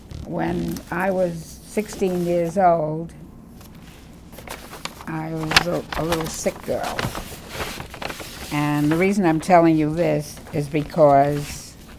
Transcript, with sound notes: When I was 16 years old, I was a little sick girl. (paper shuffling) And the reason I'm telling you this is because